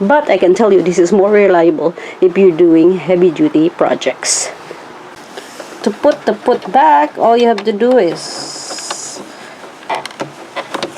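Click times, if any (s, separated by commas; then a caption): 10.8 s. A presser foot is put back onto a sewing machine's presser bar by feel while someone talks. Several short sharp clicks follow near the end, and the foot snaps into place at 10.8 s, leaving it seated.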